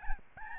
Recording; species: mosquito wingbeat signal from an infrared sensor; Aedes albopictus